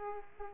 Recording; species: mosquito wingbeat signal from an infrared sensor; Aedes aegypti